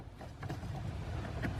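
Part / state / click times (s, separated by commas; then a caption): wiring connector into brake pedal position sensor / not seated / none. A wiring connector is handled at the brake pedal position sensor under the dash of a 2008-2011 Ford Focus, with short taps at 0.5 and 1.5 seconds over a steady low rumble. The clip ends before the connector goes home, and nothing has seated or clicked yet.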